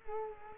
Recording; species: mosquito wingbeat signal from an infrared sensor; Culex quinquefasciatus